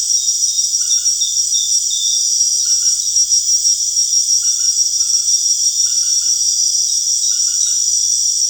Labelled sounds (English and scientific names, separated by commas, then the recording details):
none
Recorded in secondary vegetation near Puerto Asís, Putumayo, Colombia, on 29 June 2025 at 19:00
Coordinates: 0.485, -76.322
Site GP06